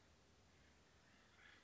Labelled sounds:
Acorn Woodpecker (Melanerpes formicivorus)
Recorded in Sonoma County, California

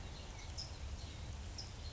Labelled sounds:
California Towhee (Melozone crissalis)
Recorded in Sonoma County, California

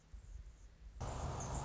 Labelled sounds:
Anna's Hummingbird (Calypte anna)
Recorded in Sonoma County, California

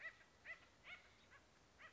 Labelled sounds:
Acorn Woodpecker (Melanerpes formicivorus)
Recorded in Sonoma County, California

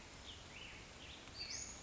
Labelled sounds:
Western Flycatcher (Empidonax difficilis)
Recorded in Sonoma County, California

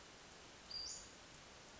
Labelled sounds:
Western Flycatcher (Empidonax difficilis)
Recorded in Sonoma County, California

